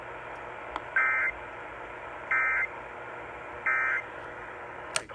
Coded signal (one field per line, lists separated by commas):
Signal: Emergency Alert System (SAME) tones